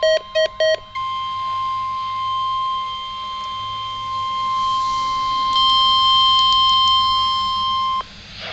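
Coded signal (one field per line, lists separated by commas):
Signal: Emergency Alert System (SAME) tones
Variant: 1050 Hz attention tone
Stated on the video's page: NOAA weather radio required weekly tests.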